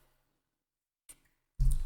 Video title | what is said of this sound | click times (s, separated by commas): Darth Koopa's "Survivor" Cal Kestis Neopixel Lightsaber with Proffie | it snaps in place nice and tight | 1.6 s, 1.7 s